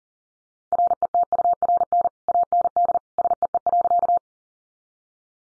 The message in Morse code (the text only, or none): RETURN AND SEE.